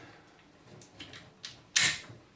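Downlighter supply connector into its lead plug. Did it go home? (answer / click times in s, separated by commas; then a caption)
yes / 1.8 s. The plug of an IP65 downlighter with a rubber seal inside is pushed into its mating supply connector before the light fitting goes up into the ceiling void, with a few faint handling taps and rustles before it. A loud, sharp click at 1.8 s marks the connector seating fully, followed by a short fading tail.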